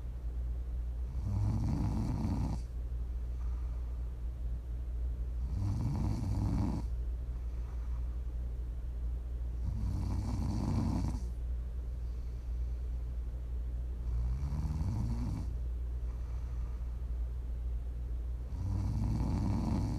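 A sleeping adult snoring: five low, buzzy snores about every four seconds, roughly 14 a minute, over a steady background hum, offered as ASMR for relaxing or falling asleep.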